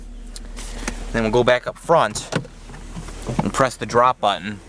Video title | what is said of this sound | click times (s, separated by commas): 1992 Mercedes-Benz 300E Overview And Start | I think they lock into place like that. | 0.4 s, 0.9 s